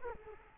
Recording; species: mosquito wingbeat signal from an infrared sensor; Culex quinquefasciatus